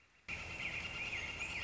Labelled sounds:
Northern Flicker
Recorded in Sonoma County, California

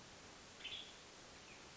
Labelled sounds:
Western Tanager
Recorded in Sonoma County, California

